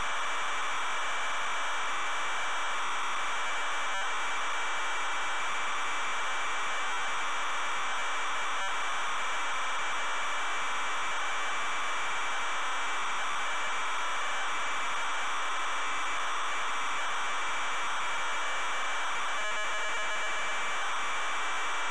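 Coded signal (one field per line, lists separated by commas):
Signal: ZX Spectrum tape loading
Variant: ZX Spectrum cassette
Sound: continuous harsh buzzing data screech with a steady whine and a few brief clicks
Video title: ZX SPECTRUM Loading Driller 1987 Incentive Software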